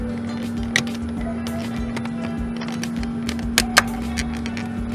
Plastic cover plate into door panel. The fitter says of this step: should hear it snap like that and then kind of